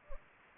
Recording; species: mosquito wingbeat signal from an infrared sensor; Anopheles gambiae